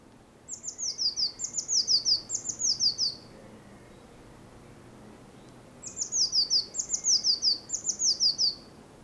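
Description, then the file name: Eurasian blue tit delivering two long trills of high, thin, downward-slurred notes, each lasting about three seconds, separated by a quiet gap over faint hiss. "Cyanistes caeruleus"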